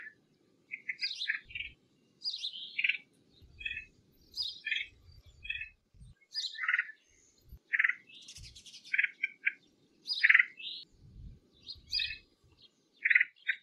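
Red-headed woodpecker harsh calls repeated every second or two among higher chirps and buzzes, with occasional low thumps.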